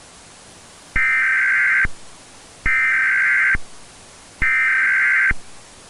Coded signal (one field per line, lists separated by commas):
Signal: Emergency Alert System (SAME) tones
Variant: header bursts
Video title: ARIZONA EAS